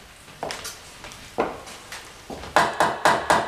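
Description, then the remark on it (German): A series of about ten sharp, hollow knocks on wood in the great central hall of the state laboratories for experiments, irregular at first and then settling into a quicker, steady run of louder raps at the end. No one speaks. “Warum klopfen Sie?”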